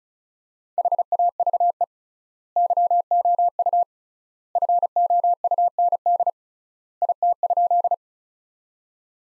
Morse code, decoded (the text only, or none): HAVE YOU FOUND IT?